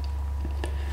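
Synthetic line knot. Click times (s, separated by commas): 0.6 s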